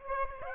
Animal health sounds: mosquito wingbeat signal from an infrared sensor; Aedes aegypti

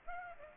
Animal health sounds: mosquito wingbeat signal from an infrared sensor; Aedes aegypti

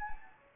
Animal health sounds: mosquito wingbeat signal from an infrared sensor; Anopheles gambiae

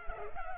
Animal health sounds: mosquito wingbeat signal from an infrared sensor; Culex pipiens

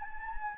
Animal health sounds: mosquito wingbeat signal from an infrared sensor; Anopheles gambiae

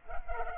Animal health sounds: mosquito wingbeat signal from an infrared sensor; Culex pipiens

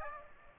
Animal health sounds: mosquito wingbeat signal from an infrared sensor; Aedes aegypti

